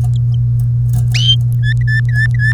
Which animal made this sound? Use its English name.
Domestic Canary